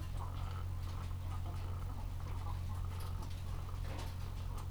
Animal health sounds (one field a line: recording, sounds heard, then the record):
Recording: poultry house recording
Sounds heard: sick chickens (respiratory disease)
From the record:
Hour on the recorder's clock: 14